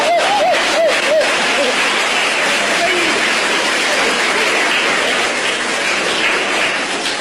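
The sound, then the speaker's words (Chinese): A large crowd at a table tennis match stands and cheers as Chinese player Zhuang Zedong wins the first game: a steady, dense wash of noise that holds loud for about seven seconds, with a few brief rising-and-falling whistles near the start. “这时全场很多观众不得不起立，为我们中国队员取得第一局的胜利而欢呼：中国庄子栋，庄子栋！”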